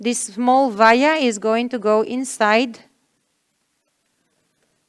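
A small product vial is handled and lined up before being pressed into a needle-free mesotherapy injector gun while someone talks. Speech fills the first 2.8 seconds, followed by silence. Nothing has seated or clicked yet.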